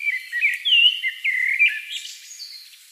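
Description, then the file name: Common blackbird delivering a rich, mellow warbled phrase of slurred whistles ending in a thin, squeaky twitter. "Turdus merula"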